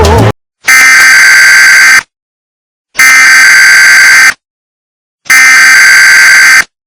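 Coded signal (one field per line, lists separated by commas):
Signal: Emergency Alert System (SAME) tones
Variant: header bursts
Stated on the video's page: Fictional alert in a made-up scenario about a terrorist attack at a mall in Roseville, California.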